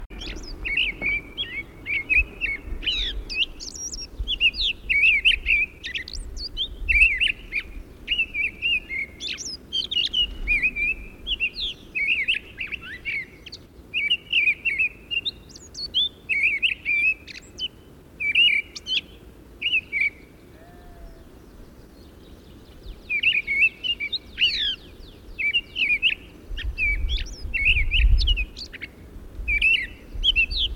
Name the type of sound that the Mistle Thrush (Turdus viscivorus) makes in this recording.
song